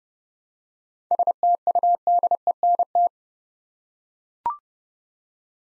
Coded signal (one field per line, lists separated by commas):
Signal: Morse code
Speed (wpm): 31 wpm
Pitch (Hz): 700 Hz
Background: none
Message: STUDENT